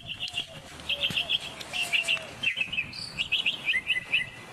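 Northern mockingbird song of rapid repeated chirps and trills strung together in quick bursts.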